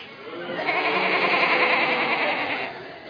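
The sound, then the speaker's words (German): A crowd of people imitates sheep and cows at once, the women as sheep and the men as cows, a loud, continuous chorus of wavering bleats over deeper lowing that swells for about three seconds before tapering off. “Okay, the women here are the sheep. Okay, die Frauen hier sind die Schafe. The men here are the cows.”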